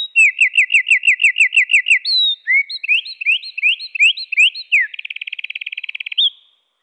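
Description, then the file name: Eurasian wren song, lowered in pitch: a rapid trill of slurred notes, a jumble of rising chirps, then a fast buzzing rattle ending with an upward note. Pitched down one octave. "troglodyte-moins-1-octave"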